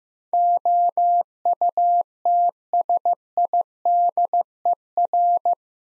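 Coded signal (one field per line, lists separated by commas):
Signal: Morse code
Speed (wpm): 15 wpm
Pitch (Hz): 700 Hz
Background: none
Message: OUTSIDER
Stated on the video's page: Morse practice drill of 8-letter words at 15 wpm; each word sent twice for head-copy.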